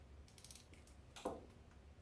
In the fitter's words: Do it up so you hear a few little clicks.